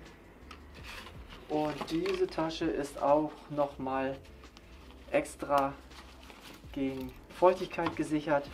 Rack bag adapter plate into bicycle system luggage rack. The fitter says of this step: kann man natürlich hier genauso einrasten lassen und